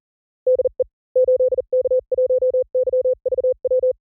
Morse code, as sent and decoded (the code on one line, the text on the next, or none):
-.. . / ---.. -.- .---- -.-- ...- .--
DE 8K1YVW